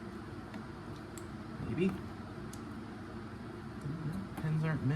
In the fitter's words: You heard it click